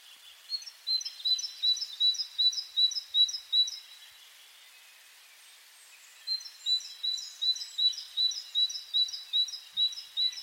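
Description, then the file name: Great tit song: two runs of rhythmic two-note phrases, each repeated several times, separated by a short pause. "Parus major"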